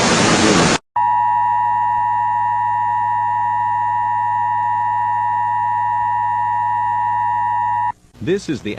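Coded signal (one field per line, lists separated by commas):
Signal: Emergency Alert System (SAME) tones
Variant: 853 and 960 Hz attention tone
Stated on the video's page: Fictional, self-made EAS scenarios.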